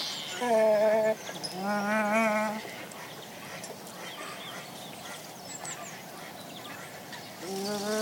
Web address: BBC. Ne'en (Hawaiian Goose)